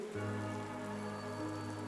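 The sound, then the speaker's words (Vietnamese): Steady rain falls on a courtyard in an even, unbroken hiss for a couple of seconds, with a low sustained humming tone running underneath and no voices. “Ông Năm nhìn Lụa quỳ giữa sân trong lúc trời còn đang mưa, thấy con đang bật khóc, máu không ngừng tuôn ra.”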